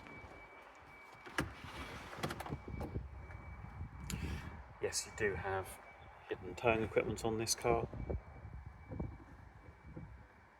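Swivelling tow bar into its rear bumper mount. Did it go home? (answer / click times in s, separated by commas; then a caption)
no / none. Someone talks while the hidden swivelling tow bar on an Audi Q5 45 TFSI quattro S line is handled at its rear bumper mount, with sharp knocks near 1.4 and 4.1 seconds, a few light ticks around 2.2–2.4 seconds, and a steady high tone underneath. The tow bar has not yet locked into place; nothing has seated or clicked by the end.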